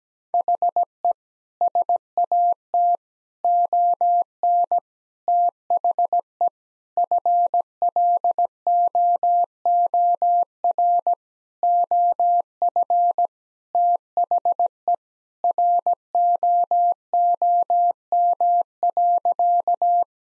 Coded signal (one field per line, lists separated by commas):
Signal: Morse code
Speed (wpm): 17 wpm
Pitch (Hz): 700 Hz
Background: none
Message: HE SAT ON THE FLOOR OF THE ROOM.